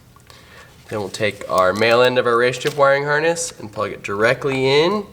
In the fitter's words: we want that 45 degree angle to go to the locking tab on that OM sensor plug make sure it clicks and locks then